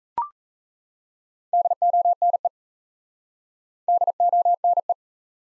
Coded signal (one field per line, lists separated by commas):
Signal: Morse code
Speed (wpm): 39 wpm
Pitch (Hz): 700 Hz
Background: none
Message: DONE DONE